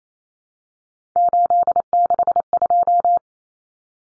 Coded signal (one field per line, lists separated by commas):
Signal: Morse code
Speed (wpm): 28 wpm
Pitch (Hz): 700 Hz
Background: none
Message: 862